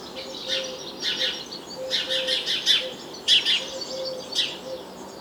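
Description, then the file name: House sparrow chirping, a steady series of short bright chirps in quick clusters, against constant background hiss and a faint intermittent low tone. "Passer domesticus"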